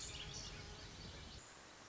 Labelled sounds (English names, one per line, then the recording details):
Pacific Wren
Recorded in Sonoma County, California